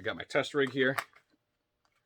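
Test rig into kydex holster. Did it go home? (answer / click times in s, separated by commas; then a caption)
no / none. Someone talks for about the first second while handling a test rig, a firearm stand-in, at a newly molded suede-lined kydex holster. After that only a few faint, soft ticks are heard in near-silence. The rig has not yet locked into the holster, and nothing has seated or clicked yet.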